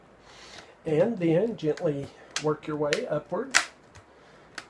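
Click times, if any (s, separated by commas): 4.6 s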